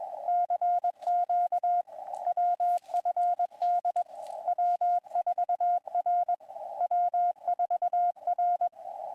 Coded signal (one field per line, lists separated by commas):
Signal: Morse code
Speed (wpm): 21 wpm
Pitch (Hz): 710 Hz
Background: none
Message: CQ WFD W4R W4R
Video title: KI5WWT Winter Field Day 2025 - Live Stream Day 2